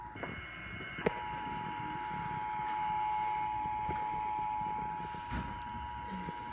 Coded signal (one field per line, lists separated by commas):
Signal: Emergency Alert System (SAME) tones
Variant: 853 and 960 Hz attention tone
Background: speech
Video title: Required Monthly Test EAS #4